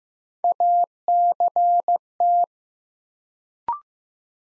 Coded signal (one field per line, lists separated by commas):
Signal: Morse code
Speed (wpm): 15 wpm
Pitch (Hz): 700 Hz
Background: none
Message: ACT